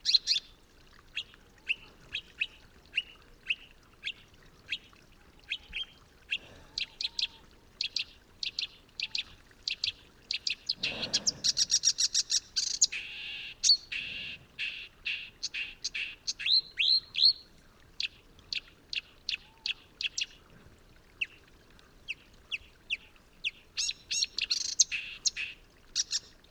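Marsh warblers sing a rapid, continuous chatter of sharp chirps and trills, bright and dense, with almost no pause across the recording. Around eleven to thirteen seconds a louder burst and a low thud stand out, and faint lower calls sit underneath.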